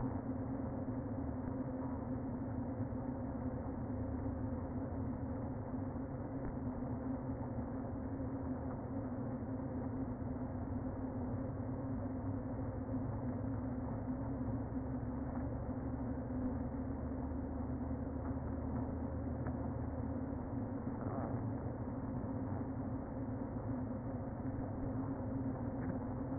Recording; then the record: honeybee colony, microphone inside the hive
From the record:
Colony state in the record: queen present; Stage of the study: before two queens were removed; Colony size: about 60,000 bees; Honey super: yes